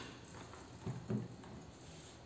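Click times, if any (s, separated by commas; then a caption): 1.1 s. The water chamber cup of a Stellar ventilator's humidifier is set back onto its base and the plastic lid is closed, with a soft knock near 0.9 s before the lid clicks shut at 1.1 s. The lid is seated and the device is ready for use.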